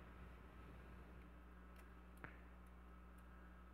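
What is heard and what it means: During reassembly of a PS4 controller, the plastic L1 bumper button is pressed onto its mount in the front shell, with a steady low hum in the background. One short, sharp click at 2.2 s marks the button snapping into the housing and seating.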